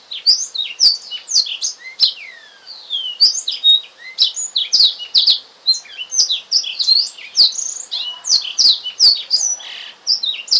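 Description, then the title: Oriental magpie-robin in sustained varied song, rapid whistles, downward slurs and chattery notes with frequent sharp clicks, over a soft constant hum. "Kicau Kacer Durasi Panjang 1jam Lebih"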